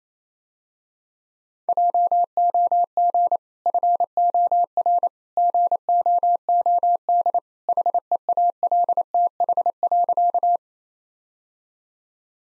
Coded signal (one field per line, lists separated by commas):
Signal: Morse code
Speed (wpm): 28 wpm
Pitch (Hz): 700 Hz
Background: none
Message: JOG FOR GOOD HEALTH.